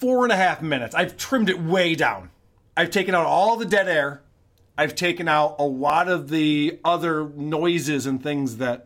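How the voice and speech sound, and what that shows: A man speaks clearly and fluently in an ordinary voice, with two brief pauses between phrases.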